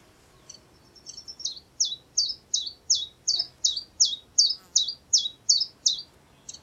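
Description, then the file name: Common chiffchaff delivering a rhythmic series of many high, two-toned notes, evenly spaced and sharp. "zilpzalp"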